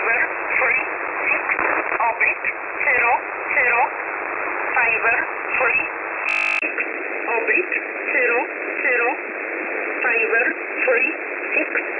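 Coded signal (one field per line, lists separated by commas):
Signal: numbers station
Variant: E11 Oblique, English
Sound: short evenly paced spoken words over single sideband radio, a brief noise burst midway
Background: radio static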